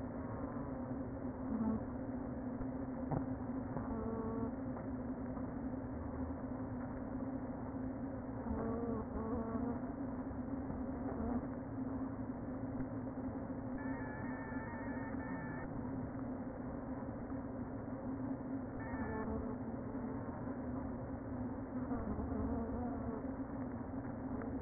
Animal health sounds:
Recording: honeybee colony, microphone inside the hive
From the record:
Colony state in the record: queen present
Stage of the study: before two queens were removed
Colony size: about 60,000 bees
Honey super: yes

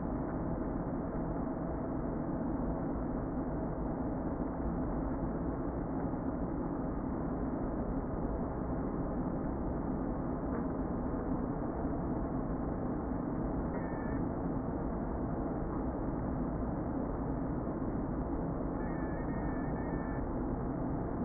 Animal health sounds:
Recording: honeybee colony, microphone inside the hive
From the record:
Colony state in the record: queen present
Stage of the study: before two queens were removed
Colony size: about 60,000 bees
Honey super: yes

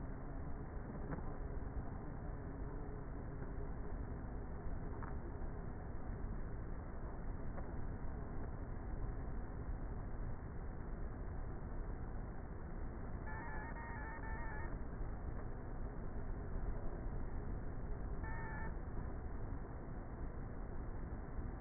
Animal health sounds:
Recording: honeybee colony, microphone inside the hive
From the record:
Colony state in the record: queenless with a low population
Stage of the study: before two queens were removed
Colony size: about 30,000 bees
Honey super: no

